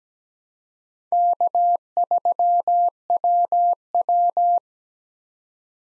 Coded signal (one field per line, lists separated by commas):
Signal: Morse code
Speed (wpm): 17 wpm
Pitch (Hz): 700 Hz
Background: none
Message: K3WW